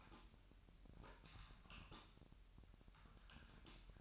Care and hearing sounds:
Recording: daily activity, microphone in the room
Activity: typing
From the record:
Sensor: 2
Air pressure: 1001.9 hPa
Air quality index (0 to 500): 248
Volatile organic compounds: 39 ppm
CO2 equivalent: 3129 ppm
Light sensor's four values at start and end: 11/36/13/14 and 11/36/13/14

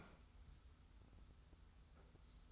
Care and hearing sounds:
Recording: daily activity, microphone in the room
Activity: open fridge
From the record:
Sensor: 3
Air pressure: 991.0 hPa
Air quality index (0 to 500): 119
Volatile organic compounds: 88 ppm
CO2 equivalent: 3669 ppm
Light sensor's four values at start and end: 34/81/32/30 and 34/81/32/30

